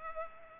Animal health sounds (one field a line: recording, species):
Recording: mosquito wingbeat signal from an infrared sensor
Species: Culex pipiens